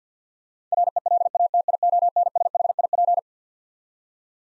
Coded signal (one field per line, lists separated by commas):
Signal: Morse code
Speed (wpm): 50 wpm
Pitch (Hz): 700 Hz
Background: none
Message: RELATIONSHIP